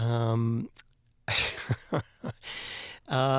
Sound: laughter

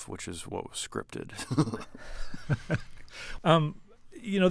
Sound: laughter

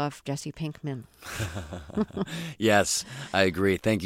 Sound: soundbite of laughter

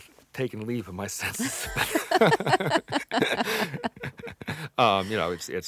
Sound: soundbite of laughter

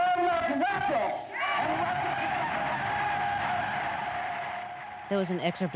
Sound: soundbite of audience applauding and cheering

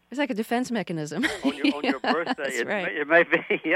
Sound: laughs

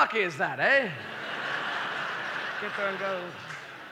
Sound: soundbite of laughter

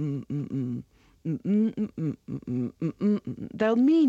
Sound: hums

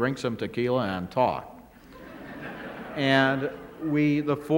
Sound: soundbite of laughter

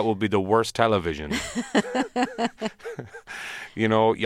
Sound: laughter

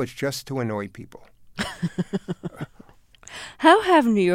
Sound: laughter

